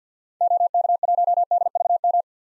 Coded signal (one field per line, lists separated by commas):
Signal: Morse code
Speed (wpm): 50 wpm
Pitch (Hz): 700 Hz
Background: none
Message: OK1DVM